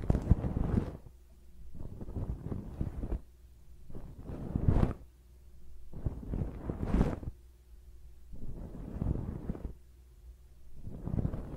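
Close up ear cleaning: muffled, rubbing and scraping bursts arrive about every two seconds, each a low, dense rumble with brief brighter crackles at its peak. Between strokes there is a quiet pause with a faint steady low hum.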